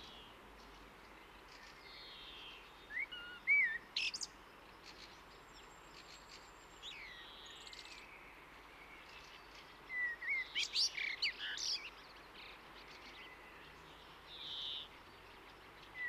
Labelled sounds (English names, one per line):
Common Blackbird song